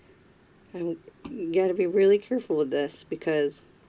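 A keycap is being fitted back onto the key mechanism of a Mac Apple Wireless Keyboard during a key repair, with one side of the keycap still sitting a little high. Someone talks throughout while handling it. Nothing has seated or clicked yet.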